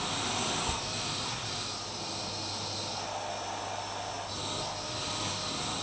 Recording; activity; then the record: daily activity, microphone in the room; vacuum cleaning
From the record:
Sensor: 1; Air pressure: 991.0 hPa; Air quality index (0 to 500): 118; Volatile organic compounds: 173 ppm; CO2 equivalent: 4118 ppm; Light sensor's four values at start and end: 19/44/18/20 and 18/43/18/20